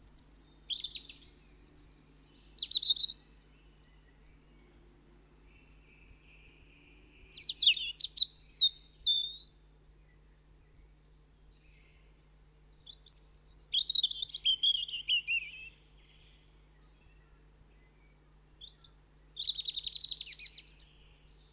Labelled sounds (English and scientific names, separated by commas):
European Robin (Erithacus rubecula) song